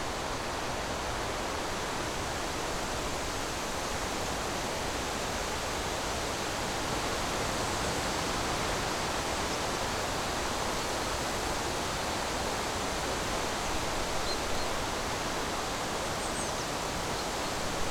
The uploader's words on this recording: Windy Forest.